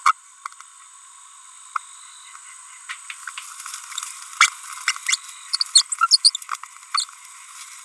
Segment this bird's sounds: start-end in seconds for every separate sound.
0.05-0.12, 4.41-4.49, 4.88-4.92, 5.07-5.16, 5.53-5.56, 5.75-5.82, 6.25-6.30, 6.95-7.04